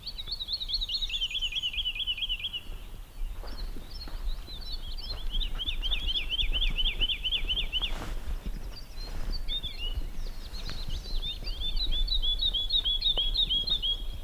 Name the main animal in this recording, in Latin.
Lullula arborea